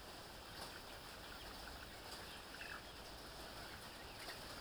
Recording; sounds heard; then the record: poultry house recording; healthy chickens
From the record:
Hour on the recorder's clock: 14